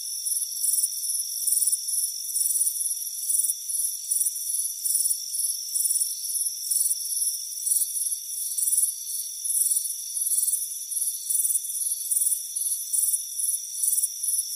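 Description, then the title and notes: High trilling cricket chirps come in rapid, repeated bursts above a steady insect drone. Crickets chirping on a warm afternoon on a front porch. "Soothing Crickets Chirping Sound. Deep Sleep Sounds"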